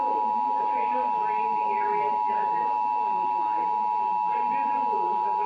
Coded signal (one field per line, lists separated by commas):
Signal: Emergency Alert System (SAME) tones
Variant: 853 and 960 Hz attention tone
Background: speech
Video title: EAS: New York City RMT on Multiple Stations (4/8/2026)